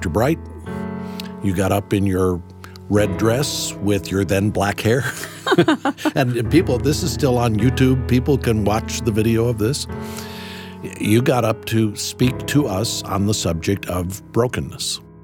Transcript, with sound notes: Bill Bright. You got up in your red dress with your then-black hair. (laughter) This is still on YouTube; people can watch the video of this. You got up to speak to us on the subject of brokenness.